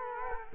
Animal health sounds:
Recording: mosquito wingbeat signal from an infrared sensor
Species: Culex quinquefasciatus

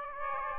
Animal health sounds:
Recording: mosquito wingbeat signal from an infrared sensor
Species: Aedes aegypti

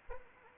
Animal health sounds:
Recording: mosquito wingbeat signal from an infrared sensor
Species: Anopheles arabiensis

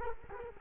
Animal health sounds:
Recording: mosquito wingbeat signal from an infrared sensor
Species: Culex quinquefasciatus

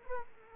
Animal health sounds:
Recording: mosquito wingbeat signal from an infrared sensor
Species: Culex quinquefasciatus

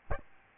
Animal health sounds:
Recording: mosquito wingbeat signal from an infrared sensor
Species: Aedes albopictus

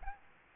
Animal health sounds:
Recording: mosquito wingbeat signal from an infrared sensor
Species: Aedes albopictus

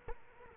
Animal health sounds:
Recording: mosquito wingbeat signal from an infrared sensor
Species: Culex quinquefasciatus

